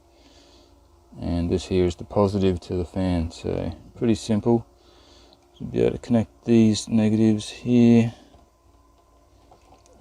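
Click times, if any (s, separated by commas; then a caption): none. Negative wires are lined up into a small terminal block before its screw is tightened, while someone talks over a low background hum. Faint handling ticks come near 5.3 s and 9.5–9.9 s, but nothing has seated or clicked yet.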